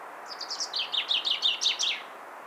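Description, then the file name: Common chaffinch singing a single cascading phrase of quick, bright notes that drops in pitch and ends with a brief flourish, with faint hiss behind. "Fringilla coelebs"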